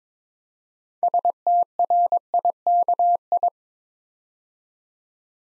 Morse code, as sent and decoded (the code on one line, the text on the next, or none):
... - .-. .. -.- ..
STRIKI